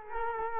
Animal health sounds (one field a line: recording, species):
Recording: mosquito wingbeat signal from an infrared sensor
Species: Culex quinquefasciatus